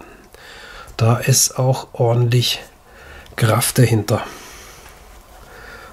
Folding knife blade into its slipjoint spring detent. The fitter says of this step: ganz kräftige Feder, man hört es beim Einschnappen, ja.